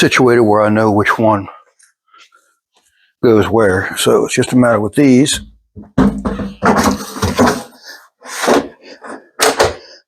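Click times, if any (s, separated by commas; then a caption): 9.4 s, 9.6 s. A cabinet drawer box is pushed onto its drawer slides while someone talks. Two short clicks sound at 9.4 s and 9.6 s as the slide latches lock in, and the drawer is seated on the slides.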